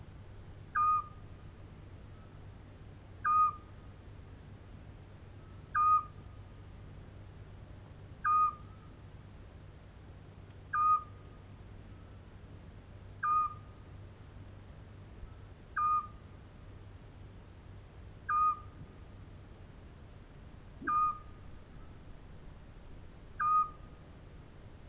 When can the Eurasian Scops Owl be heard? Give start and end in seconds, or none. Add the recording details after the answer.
0.74-1.02, 3.23-3.52, 5.73-6.03, 8.23-8.52, 10.72-11.00, 13.21-13.49, 15.75-16.02, 18.27-18.55, 20.85-21.13, 23.39-23.66. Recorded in France